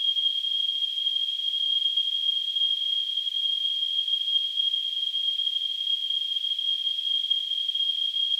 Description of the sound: Tinnitus.